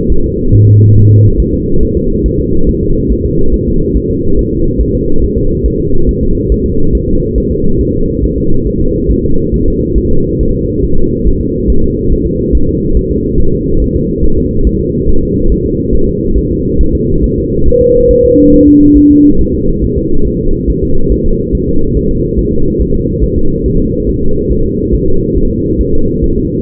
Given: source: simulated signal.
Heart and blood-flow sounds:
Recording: fetal heart sounds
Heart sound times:
0.12 s: S1
0.26 s: S2
0.55 s: S1
0.69 s: S2
0.97 s: S1
1.11 s: S2
1.40 s: S1
1.54 s: S2
1.83 s: S1
1.97 s: S2
2.26 s: S1
2.40 s: S2
2.69 s: S1
2.83 s: S2
3.12 s: S1
3.25 s: S2
3.54 s: S1
3.68 s: S2
3.97 s: S1
4.11 s: S2
4.39 s: S1
4.53 s: S2
4.81 s: S1
4.95 s: S2
5.24 s: S1
5.38 s: S2
5.66 s: S1
5.80 s: S2
6.09 s: S1
6.23 s: S2
6.52 s: S1
6.66 s: S2
6.95 s: S1
7.09 s: S2
7.38 s: S1
7.52 s: S2
7.81 s: S1
7.95 s: S2
8.24 s: S1
8.38 s: S2
8.67 s: S1
8.81 s: S2
9.11 s: S1
9.25 s: S2
9.54 s: S1
9.68 s: S2
9.98 s: S1
10.12 s: S2
10.41 s: S1
10.55 s: S2
10.84 s: S1
10.98 s: S2
11.27 s: S1
11.41 s: S2
11.70 s: S1
11.84 s: S2
12.13 s: S1
12.26 s: S2
12.55 s: S1
12.69 s: S2
12.97 s: S1
13.11 s: S2
13.40 s: S1
13.54 s: S2
13.82 s: S1
13.96 s: S2
14.24 s: S1
14.38 s: S2
14.67 s: S1
14.81 s: S2
15.09 s: S1
15.23 s: S2
15.52 s: S1
15.66 s: S2
15.95 s: S1
16.09 s: S2
16.38 s: S1
16.52 s: S2
16.81 s: S1
16.95 s: S2
17.24 s: S1
17.38 s: S2
17.68 s: S1
17.81 s: S2
18.11 s: S1
18.25 s: S2
18.54 s: S1
18.68 s: S2
18.98 s: S1
19.11 s: S2
19.41 s: S1
19.55 s: S2
19.84 s: S1
19.98 s: S2
20.27 s: S1
20.41 s: S2
20.70 s: S1
20.84 s: S2
21.12 s: S1
21.26 s: S2
21.55 s: S1
21.69 s: S2
21.97 s: S1
22.11 s: S2
22.39 s: S1
22.53 s: S2
22.81 s: S1
22.95 s: S2
23.24 s: S1
23.38 s: S2
23.66 s: S1
23.80 s: S2
24.09 s: S1
24.23 s: S2
24.52 s: S1
24.66 s: S2
24.95 s: S1
25.08 s: S2
25.38 s: S1
25.51 s: S2
25.81 s: S1
25.95 s: S2
26.24 s: S1
26.38 s: S2
From the record:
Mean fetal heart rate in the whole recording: 140 bpm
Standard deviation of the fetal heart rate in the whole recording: 2 bpm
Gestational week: 34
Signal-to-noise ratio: -19.1 dB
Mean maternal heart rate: 72 bpm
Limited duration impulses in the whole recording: present

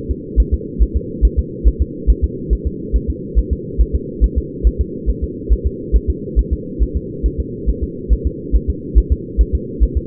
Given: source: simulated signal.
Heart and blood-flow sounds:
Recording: fetal heart sounds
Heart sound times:
0.11 s: S2
0.40 s: S1
0.54 s: S2
0.82 s: S1
0.97 s: S2
1.25 s: S1
1.39 s: S2
1.68 s: S1
1.82 s: S2
2.10 s: S1
2.24 s: S2
2.53 s: S1
2.67 s: S2
2.96 s: S1
3.10 s: S2
3.39 s: S1
3.53 s: S2
3.81 s: S1
3.95 s: S2
4.24 s: S1
4.38 s: S2
4.67 s: S1
4.81 s: S2
5.10 s: S1
5.24 s: S2
5.53 s: S1
5.67 s: S2
5.96 s: S1
6.10 s: S2
6.39 s: S1
6.53 s: S2
6.82 s: S1
6.97 s: S2
7.26 s: S1
7.40 s: S2
7.69 s: S1
7.84 s: S2
8.13 s: S1
8.27 s: S2
8.56 s: S1
8.70 s: S2
8.98 s: S1
9.12 s: S2
9.41 s: S1
9.55 s: S2
9.83 s: S1
9.97 s: S2
From the record:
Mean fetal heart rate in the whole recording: 140 bpm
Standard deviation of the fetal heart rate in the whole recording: 2 bpm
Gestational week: 34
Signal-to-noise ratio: -4.1 dB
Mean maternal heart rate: no maternal heart sound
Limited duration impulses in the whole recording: absent

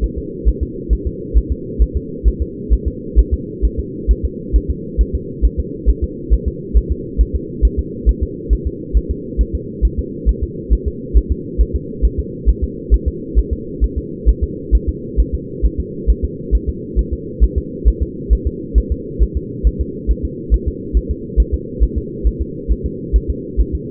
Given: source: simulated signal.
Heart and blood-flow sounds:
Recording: fetal heart sounds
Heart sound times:
0.04 s: S1
0.18 s: S2
0.48 s: S1
0.63 s: S2
0.93 s: S1
1.07 s: S2
1.37 s: S1
1.52 s: S2
1.82 s: S1
1.97 s: S2
2.28 s: S1
2.42 s: S2
2.73 s: S1
2.88 s: S2
3.19 s: S1
3.33 s: S2
3.65 s: S1
3.79 s: S2
4.11 s: S1
4.25 s: S2
4.56 s: S1
4.70 s: S2
5.01 s: S1
5.15 s: S2
5.45 s: S1
5.59 s: S2
5.89 s: S1
6.04 s: S2
6.33 s: S1
6.48 s: S2
6.77 s: S1
6.92 s: S2
7.21 s: S1
7.35 s: S2
7.65 s: S1
7.79 s: S2
8.09 s: S1
8.23 s: S2
8.53 s: S1
8.67 s: S2
8.97 s: S1
9.11 s: S2
9.41 s: S1
9.55 s: S2
9.85 s: S1
9.99 s: S2
10.29 s: S1
10.43 s: S2
10.73 s: S1
10.88 s: S2
11.17 s: S1
11.32 s: S2
11.61 s: S1
11.76 s: S2
12.05 s: S1
12.20 s: S2
12.49 s: S1
12.64 s: S2
12.94 s: S1
13.08 s: S2
13.38 s: S1
13.53 s: S2
13.84 s: S1
13.98 s: S2
14.29 s: S1
14.44 s: S2
14.75 s: S1
14.89 s: S2
15.20 s: S1
15.35 s: S2
15.65 s: S1
15.80 s: S2
16.10 s: S1
16.25 s: S2
16.55 s: S1
16.69 s: S2
16.99 s: S1
17.13 s: S2
17.44 s: S1
17.58 s: S2
17.88 s: S1
18.02 s: S2
18.33 s: S1
18.47 s: S2
18.78 s: S1
18.92 s: S2
19.23 s: S1
19.37 s: S2
19.67 s: S1
19.81 s: S2
20.11 s: S1
20.25 s: S2
20.54 s: S1
20.68 s: S2
20.97 s: S1
21.11 s: S2
21.40 s: S1
21.54 s: S2
21.83 s: S1
21.98 s: S2
22.27 s: S1
22.41 s: S2
22.71 s: S1
22.86 s: S2
23.16 s: S1
23.30 s: S2
23.61 s: S1
23.75 s: S2
From the record:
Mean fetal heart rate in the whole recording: 135 bpm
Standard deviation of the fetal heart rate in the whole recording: 3 bpm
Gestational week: 34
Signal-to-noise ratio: -4.1 dB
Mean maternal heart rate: no maternal heart sound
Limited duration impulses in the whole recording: absent

